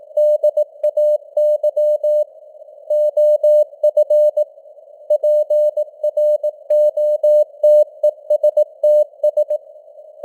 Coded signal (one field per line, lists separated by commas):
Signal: Morse code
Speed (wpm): 18 wpm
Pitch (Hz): 600 Hz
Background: none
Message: DAY OF PROTESTS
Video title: Morse Code News | 2025-11-17 | 18wpm